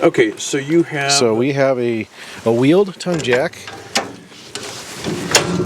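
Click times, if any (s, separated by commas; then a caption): 5.3 s. A wheeled tongue jack on a teardrop trailer's tongue is swung into its mount while someone talks. A few metallic clicks follow, and it locks into place with a sharp metallic pop at 5.4 seconds.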